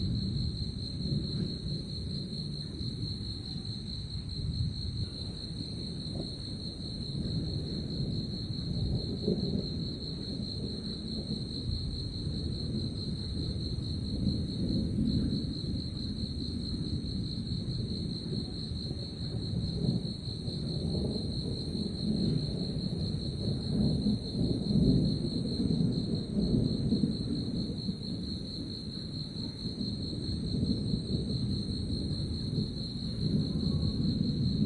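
Thunder rolls through the night sky before a rainstorm, a deep, continuous rumble that swells gently around the middle and again near the end without any sharp cracks. A thin, steady high whine, like insects, holds unbroken above it throughout.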